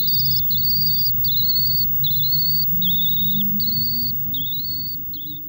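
Swift chicks: high, reedy trills in short separate bursts, while a low droning tone slowly rises beneath them.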